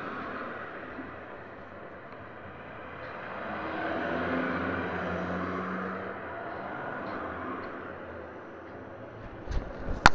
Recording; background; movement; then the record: throat clearing; traffic; sitting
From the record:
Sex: female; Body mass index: 25.5 kg/m2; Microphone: on the chest, facing outward